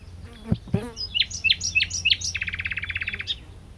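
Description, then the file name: Common nightingale song: a few low clicks, then loud repeated sharp chirps followed by a fast, even, buzzy trill and a final high note. "Luscinia megarhynchos"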